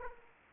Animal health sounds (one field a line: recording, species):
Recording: mosquito wingbeat signal from an infrared sensor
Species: Aedes aegypti